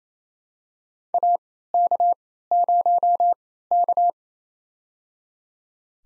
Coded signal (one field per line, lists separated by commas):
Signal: Morse code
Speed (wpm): 28 wpm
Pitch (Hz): 700 Hz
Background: none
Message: AK0K